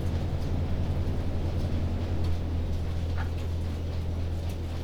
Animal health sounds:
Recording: poultry house recording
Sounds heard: healthy chickens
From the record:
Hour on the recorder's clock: 21

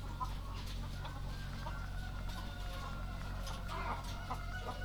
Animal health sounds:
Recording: poultry house recording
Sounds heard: sick chickens (respiratory disease)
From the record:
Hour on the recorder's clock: 1

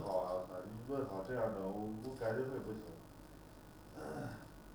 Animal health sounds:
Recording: poultry house recording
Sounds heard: no chicken sound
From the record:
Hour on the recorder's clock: 19

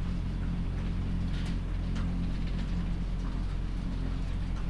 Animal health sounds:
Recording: poultry house recording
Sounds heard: sick chickens (respiratory disease)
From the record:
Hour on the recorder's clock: 1

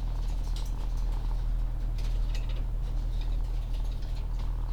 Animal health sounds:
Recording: poultry house recording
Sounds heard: sick chickens (respiratory disease)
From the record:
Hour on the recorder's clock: 14

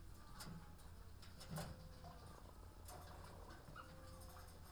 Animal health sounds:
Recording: poultry house recording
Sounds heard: sick chickens (respiratory disease)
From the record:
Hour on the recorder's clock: 13

